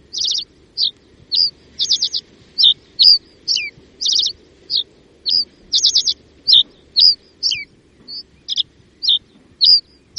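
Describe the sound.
Common reed bunting song, busy and continuous: crisp high chirps alternating with short scratchy trills, repeated steadily throughout with little pause.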